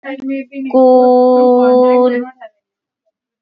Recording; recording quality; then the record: sustained vowel as in boot; moderate, slight background noise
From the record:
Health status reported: COVID-19 positive, no symptoms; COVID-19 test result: positive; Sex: female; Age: 36 years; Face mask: not worn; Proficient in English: yes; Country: India